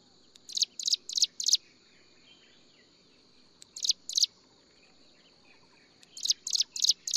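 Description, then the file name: Striated prinia giving rasping high buzzes in runs of three or four, separated by pauses of a couple of seconds, with faint background hiss. "斑紋鷦鶯"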